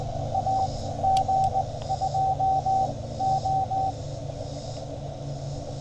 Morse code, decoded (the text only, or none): AG2O